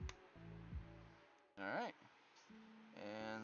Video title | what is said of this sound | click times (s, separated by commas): Building Some Gundam Model Kits! Mobile Fighter G Gundam Models | like so on top of this. And make sure it clicks. | 0.1 s